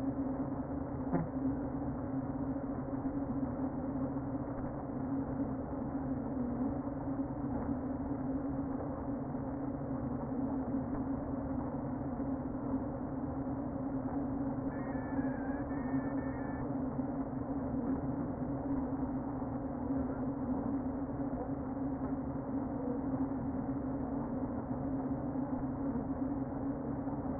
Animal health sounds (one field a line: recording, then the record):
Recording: honeybee colony, microphone inside the hive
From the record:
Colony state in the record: queen present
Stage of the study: before two queens were removed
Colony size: about 60,000 bees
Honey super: yes